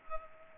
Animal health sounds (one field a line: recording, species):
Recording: mosquito wingbeat signal from an infrared sensor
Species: Culex pipiens